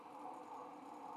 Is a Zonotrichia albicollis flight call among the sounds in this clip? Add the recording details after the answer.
no. No flight call is heard. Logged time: 01:54 on 5 December 2014